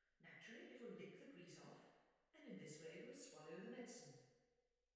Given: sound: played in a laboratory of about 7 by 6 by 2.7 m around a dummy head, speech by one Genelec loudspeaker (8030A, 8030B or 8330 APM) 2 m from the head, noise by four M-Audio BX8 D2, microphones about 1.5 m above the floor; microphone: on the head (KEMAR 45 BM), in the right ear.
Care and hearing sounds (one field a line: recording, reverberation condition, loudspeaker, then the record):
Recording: female speech in English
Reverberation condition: high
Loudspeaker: 120 degrees to the left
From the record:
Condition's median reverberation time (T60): about 1300 ms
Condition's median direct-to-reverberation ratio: about -4.0 dB